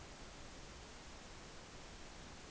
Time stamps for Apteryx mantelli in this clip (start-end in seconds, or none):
none